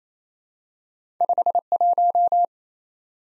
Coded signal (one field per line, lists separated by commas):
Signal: Morse code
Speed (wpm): 29 wpm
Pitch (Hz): 700 Hz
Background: none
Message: 51